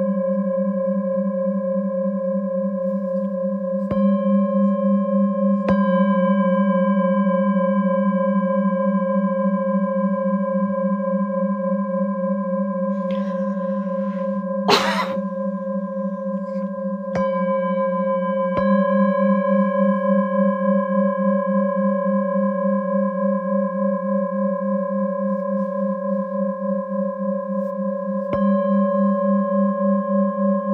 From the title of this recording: Harmonies of Tibetan Bowls